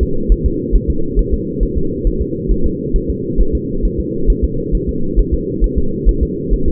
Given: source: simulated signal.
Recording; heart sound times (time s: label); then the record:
fetal heart sounds
0.03 s: S2
0.32 s: S1
0.46 s: S2
0.75 s: S1
0.90 s: S2
1.19 s: S1
1.34 s: S2
1.63 s: S1
1.78 s: S2
2.07 s: S1
2.22 s: S2
2.51 s: S1
2.66 s: S2
2.96 s: S1
3.10 s: S2
3.41 s: S1
3.55 s: S2
3.85 s: S1
4.00 s: S2
4.30 s: S1
4.44 s: S2
4.75 s: S1
4.89 s: S2
5.19 s: S1
5.34 s: S2
5.64 s: S1
5.78 s: S2
6.09 s: S1
6.23 s: S2
6.53 s: S1
6.68 s: S2
From the record:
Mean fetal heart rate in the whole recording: 135 bpm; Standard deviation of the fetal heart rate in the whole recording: 3 bpm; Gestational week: 36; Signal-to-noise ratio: -8.1 dB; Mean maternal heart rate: 72 bpm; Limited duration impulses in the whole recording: absent